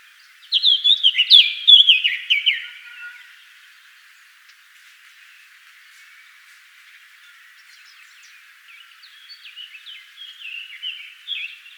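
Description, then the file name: Eurasian blackcap song: a loud burst of varied warbling notes at the start, then a pause, and softer phrases toward the end. "Sylvia atricapilla"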